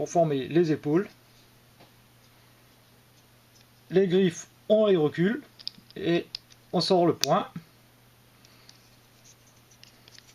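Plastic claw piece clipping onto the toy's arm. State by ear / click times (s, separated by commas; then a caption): not seated / none. During the transformation of a plastic Transformers Titans Return Skullmasher & Grax robot toy, a plastic claw piece is handled as it is pushed toward its clip point on the toy's arm. Someone talks in bursts over a quiet background, and a few faint, brief ticks of handling come near the end. Nothing has seated or clicked into place yet.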